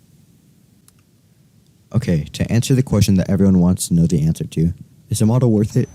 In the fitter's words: The last step is to insert the 4 side force generators onto the wing, and that's really easy as they just pop into place.